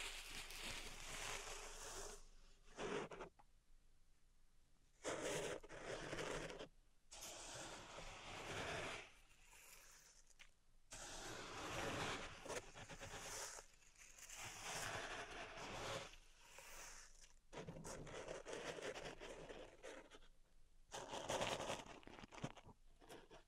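Gritty scraping and rustling of pink salt in a zen garden comes in long dense strokes, broken by brief quiet pauses every few seconds.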